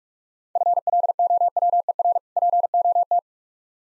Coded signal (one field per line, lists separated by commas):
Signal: Morse code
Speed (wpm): 46 wpm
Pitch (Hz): 700 Hz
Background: none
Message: FLOWER POT